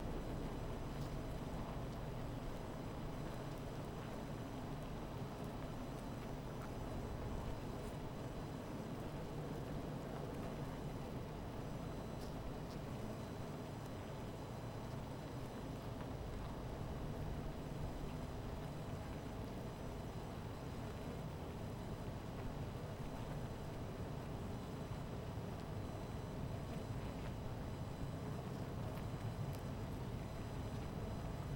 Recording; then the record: honeybee colony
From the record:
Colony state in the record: missing queen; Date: 14 July 2017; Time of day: 16:40